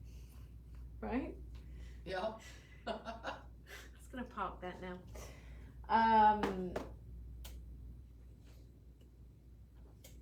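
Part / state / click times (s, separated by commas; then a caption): earring lever-back closing onto its catch / seated / 7.5 s, 10.1 s. Someone talks while closing the hinged metal lever-back of an earring, and the spring-loaded lever, held by a very heavy spring, snaps shut onto its catch. Sharp snaps are heard at 7.5 s and 10.1 s, and the closure is seated.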